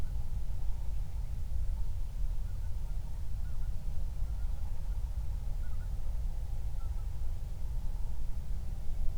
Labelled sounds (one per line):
waterfowl
wind